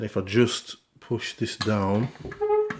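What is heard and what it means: A leg of a Weber Master Class barbecue frame is being pushed down into its socket on the cooker body while someone talks. Nothing has seated or clicked yet.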